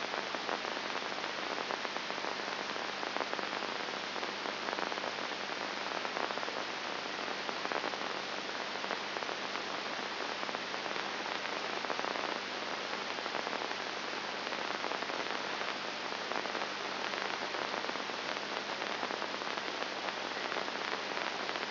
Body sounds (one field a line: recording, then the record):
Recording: brain microelectrode recording played as sound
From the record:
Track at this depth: inside the subthalamic nucleus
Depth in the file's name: 1.306 mm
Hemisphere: left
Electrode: 2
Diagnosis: Parkinson's disease